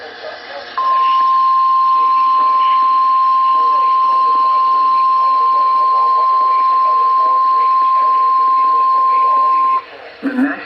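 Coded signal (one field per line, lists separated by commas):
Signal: Emergency Alert System (SAME) tones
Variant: 1050 Hz attention tone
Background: speech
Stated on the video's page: Received from NOAA weather radio stations on 162.525, 162.475, 162.425, 162.500 and 162.550 MHz in Illinois.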